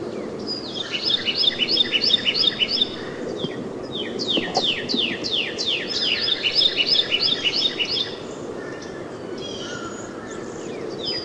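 Northern cardinal song: a fast series of clear slurred whistles, repeated for about seven seconds, with a softer run of notes near the end.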